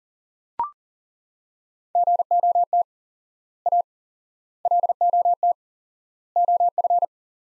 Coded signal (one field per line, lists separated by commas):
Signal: Morse code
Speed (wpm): 40 wpm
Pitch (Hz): 700 Hz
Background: none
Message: GOT A LOT OF